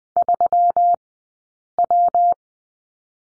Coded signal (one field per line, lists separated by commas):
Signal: Morse code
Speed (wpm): 20 wpm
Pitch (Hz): 700 Hz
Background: none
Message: 3W